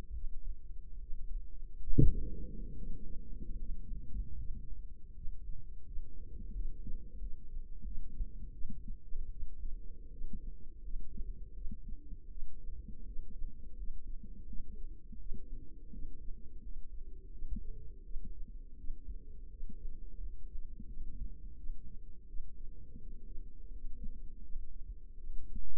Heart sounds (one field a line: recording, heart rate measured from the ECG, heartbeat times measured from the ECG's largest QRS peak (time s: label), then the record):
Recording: heart sounds by microphone in the left ear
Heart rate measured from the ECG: 82 bpm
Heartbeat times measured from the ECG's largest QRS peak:
0.12 s: heartbeat
0.97 s: heartbeat
1.85 s: heartbeat
2.74 s: heartbeat
3.56 s: heartbeat
4.35 s: heartbeat
5.12 s: heartbeat
5.83 s: heartbeat
6.51 s: heartbeat
7.17 s: heartbeat
7.82 s: heartbeat
8.50 s: heartbeat
9.28 s: heartbeat
10.09 s: heartbeat
10.80 s: heartbeat
11.52 s: heartbeat
12.27 s: heartbeat
13.03 s: heartbeat
13.75 s: heartbeat
14.45 s: heartbeat
15.17 s: heartbeat
15.90 s: heartbeat
16.60 s: heartbeat
17.29 s: heartbeat
18.01 s: heartbeat
18.75 s: heartbeat
19.48 s: heartbeat
20.18 s: heartbeat
20.85 s: heartbeat
21.55 s: heartbeat
22.25 s: heartbeat
22.98 s: heartbeat
23.68 s: heartbeat
24.41 s: heartbeat
25.15 s: heartbeat
From the record:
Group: healthy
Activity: breath hold 0-3 s, rest 3-26 s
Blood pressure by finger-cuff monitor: 92/58 mmHg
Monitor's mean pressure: 70 mmHg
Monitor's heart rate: 82 bpm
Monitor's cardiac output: 6.8 L/min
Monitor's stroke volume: 82 mL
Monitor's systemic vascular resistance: 830 dyn s/cm5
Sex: female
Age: 22 years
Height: 163 cm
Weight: 67.1 kg